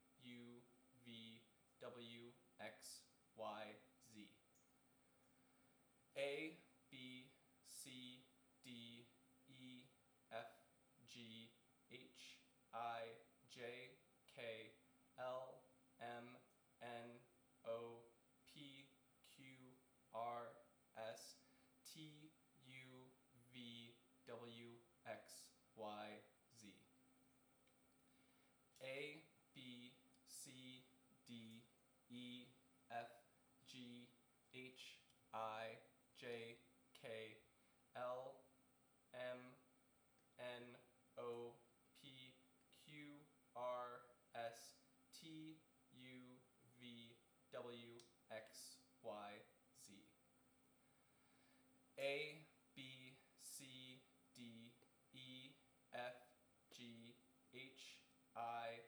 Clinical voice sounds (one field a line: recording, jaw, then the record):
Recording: letters of the alphabet, spoken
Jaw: free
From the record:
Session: seven days later